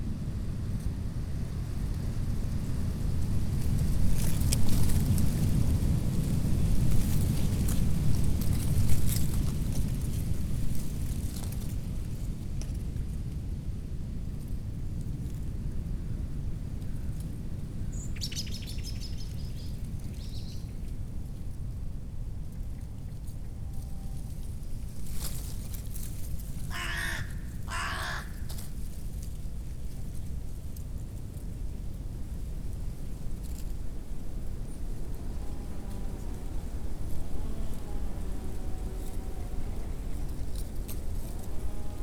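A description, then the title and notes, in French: An outdoor soundscape in a chestnut grove, carried by a steady low rumble that swells between about 4 and 10 seconds. Scattered clicks and knocks run throughout, with sharper bursts near 18–20 and 25–28 seconds, and faint bird calls late on. Un voyage au coeur de la châtaigneraie au fil des quatre saisons. Un jeu entre les paysages sonores et les sons liés à la pratique de la castanéiculture.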